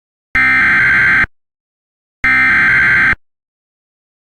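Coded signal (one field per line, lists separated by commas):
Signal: Emergency Alert System (SAME) tones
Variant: header bursts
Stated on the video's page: Mock recreation based on a real 2006 NWS St. Louis severe thunderstorm warning, with audio relayed through an EAS ENDEC using the Cepstral William voice.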